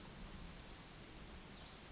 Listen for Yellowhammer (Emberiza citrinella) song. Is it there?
no